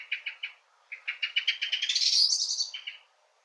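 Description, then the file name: Common blackbird calls: a few clipped notes, then a series of sharp chattering notes rising in pitch into a shrill burst before fading. "Turdus merula"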